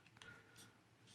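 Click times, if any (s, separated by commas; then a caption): 0.2 s. A plastic back cover is pressed onto a BetaFPV Naked GoPro Lite V2 action camera case and snaps on. Faint small ticks come at 0.1 s and 0.2 s, then a sharper click at 0.2 s as the cover seats. A quiet low hum continues to the end.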